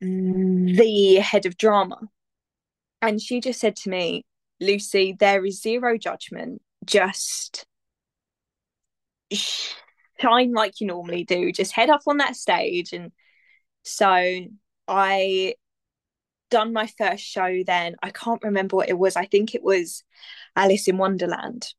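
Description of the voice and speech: A 24-year-old woman who has stammered her whole life and is in therapy with the McGuire Programme speaks mostly fluently, with a held 'sh' sound and a pause before 'shine', and stretched 'so' and 'I' followed by pauses. These are mild stammer features: sound prolongations and blocks interrupting otherwise smooth speech.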